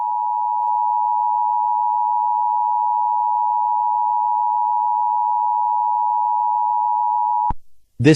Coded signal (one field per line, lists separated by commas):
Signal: Emergency Alert System (SAME) tones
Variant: 853 and 960 Hz attention tone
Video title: EAS Scenario #21: FireBall